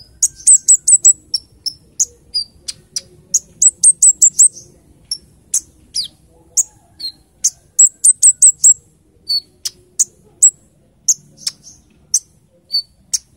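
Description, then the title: Small bird delivering quick series of sharp, very high chirps, some in short runs and some single, with brief pauses. "Burung Kecil 1"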